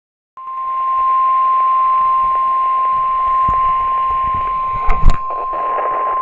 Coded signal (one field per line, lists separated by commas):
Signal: Emergency Alert System (SAME) tones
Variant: 1050 Hz attention tone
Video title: EAS Alerts